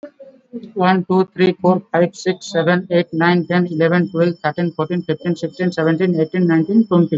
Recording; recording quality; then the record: counting at a normal pace; excellent, no background noise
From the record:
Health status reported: exposed to COVID-19, no respiratory illness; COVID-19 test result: not tested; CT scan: not taken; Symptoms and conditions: none ticked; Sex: male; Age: 20 years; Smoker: no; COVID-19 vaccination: both doses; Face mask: worn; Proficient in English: yes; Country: India